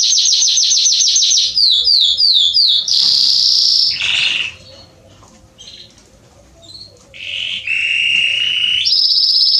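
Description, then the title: Belgian canary song: rapid repeated swooping notes and buzzy trills, a short lull with scattered soft notes, then renewed rolling trills. Male Belgian canary singing a lot, used for warming up and training young canaries. "Canary Training 17 Esquente Seu Filhote E Canario Belga Em 30 Minutos Macho Cantando Muito. CANTO DO CANRIO"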